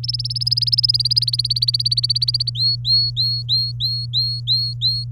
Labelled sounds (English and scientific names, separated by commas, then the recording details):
Domestic Canary (Serinus canaria) song
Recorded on 24 April 2018 at 07:49
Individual llb3